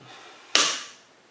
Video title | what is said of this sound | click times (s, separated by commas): How To Use A Torque Wrench To Tighten Car's Wheel Lug Nuts | lugs until you hear the click | 0.6 s